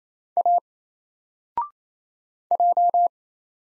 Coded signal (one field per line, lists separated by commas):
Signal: Morse code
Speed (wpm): 27 wpm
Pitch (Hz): 700 Hz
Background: none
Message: A J